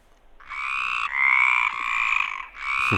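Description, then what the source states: Stripeless tree frogs calling in chorus: long, harsh croaks that follow one another almost continuously, each lasting under a second. Chorus; characteristic of the Mediterranean area, can be heard in Murcia.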